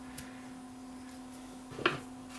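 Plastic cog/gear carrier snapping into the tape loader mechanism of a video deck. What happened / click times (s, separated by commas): The plastic part snapped into place / 1.9 s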